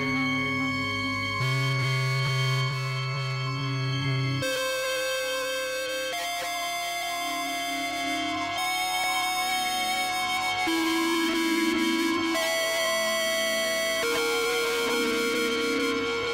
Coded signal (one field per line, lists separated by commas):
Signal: dial-up modem handshake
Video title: Picture Yourself On A Boat On A River With Dial-up Internet [Demo]